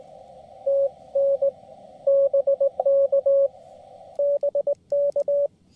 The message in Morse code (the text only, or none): TN BK BK